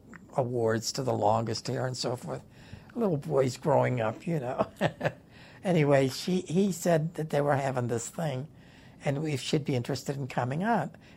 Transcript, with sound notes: awards to the longest hair and so forth—little boys growing up, you (laughs) Anyway, she - he said that they were having this thing and we should be interested in coming out.